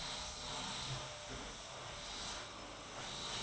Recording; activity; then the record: daily activity, microphone in the room; vacuum cleaning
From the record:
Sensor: 3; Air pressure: 991.8 hPa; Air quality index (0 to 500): 196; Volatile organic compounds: 1000 ppm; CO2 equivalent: 6627 ppm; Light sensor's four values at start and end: 32/95/39/33 and 32/95/39/33